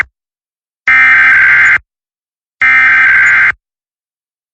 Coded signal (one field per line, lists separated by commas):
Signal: Emergency Alert System (SAME) tones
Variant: header bursts